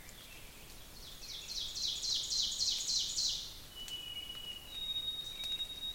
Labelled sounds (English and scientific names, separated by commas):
Ovenbird (Seiurus aurocapilla) song